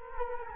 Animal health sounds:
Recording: mosquito wingbeat signal from an infrared sensor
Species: Culex quinquefasciatus

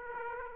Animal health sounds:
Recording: mosquito wingbeat signal from an infrared sensor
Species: Aedes aegypti

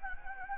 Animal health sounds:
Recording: mosquito wingbeat signal from an infrared sensor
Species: Anopheles gambiae

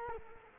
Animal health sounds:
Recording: mosquito wingbeat signal from an infrared sensor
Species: Culex quinquefasciatus

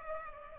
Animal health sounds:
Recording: mosquito wingbeat signal from an infrared sensor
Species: Culex pipiens

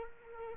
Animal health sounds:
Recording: mosquito wingbeat signal from an infrared sensor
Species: Culex quinquefasciatus

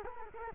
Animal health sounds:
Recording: mosquito wingbeat signal from an infrared sensor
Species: Culex quinquefasciatus

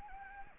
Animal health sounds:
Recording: mosquito wingbeat signal from an infrared sensor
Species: Anopheles arabiensis

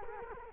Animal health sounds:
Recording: mosquito wingbeat signal from an infrared sensor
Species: Culex quinquefasciatus

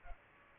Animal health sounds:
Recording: mosquito wingbeat signal from an infrared sensor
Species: Culex pipiens

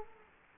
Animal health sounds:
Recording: mosquito wingbeat signal from an infrared sensor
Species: Culex quinquefasciatus

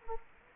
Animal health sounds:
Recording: mosquito wingbeat signal from an infrared sensor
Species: Anopheles gambiae

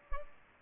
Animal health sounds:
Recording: mosquito wingbeat signal from an infrared sensor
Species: Culex pipiens

